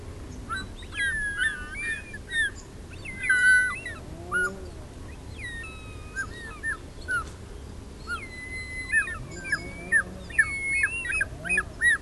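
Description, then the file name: Short-toed snake eagle calls: loud whistled, slurred notes, several overlapping and repeated irregularly, over low background rumble. "Zmeeyad Circaetus gallicus"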